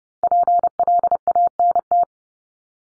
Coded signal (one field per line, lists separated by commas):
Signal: Morse code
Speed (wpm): 30 wpm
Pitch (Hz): 700 Hz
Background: none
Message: PLANT